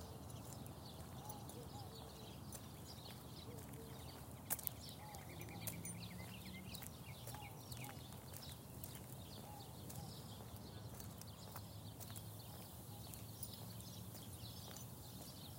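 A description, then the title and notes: Scattered bird chirps over a steady low outdoor rumble, with sharp clicks, a brief louder knock near four seconds, and faint background movement. Birds chirping to welcome the day on a walk in Phoenix, Arizona. Just as the sun was cresting over the houses, I was out walking with the dog.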